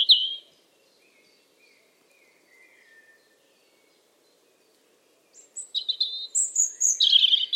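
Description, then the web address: Bird song: a high whistled phrase opens, faint sliding notes follow, then a burst of loud, rapid, twittering high notes fills the final two seconds. "cianscape birddata Deverinetal 2025 Bird Only Er Ru"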